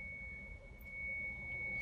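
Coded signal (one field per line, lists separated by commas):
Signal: 300-baud modem data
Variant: 300 baud acoustic coupler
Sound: a single steady high-pitched tone around 2.2 kHz, unbroken, with faint room hum beneath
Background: room noise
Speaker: with this phone right here and we're going to see if we could connect to uh T that we won't hear this annoying test tone I'll move it to full duplex right now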